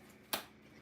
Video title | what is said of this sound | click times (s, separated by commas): Let’s showcase an Album plus Paper Pumpkin Unboxing | Can you hear that snap? | 0.3 s